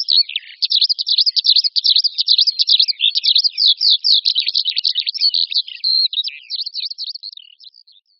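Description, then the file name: Eurasian skylark singing a dense, rapid twittering warble that runs on nonstop, fading slightly near the end. "Skřivan-polní"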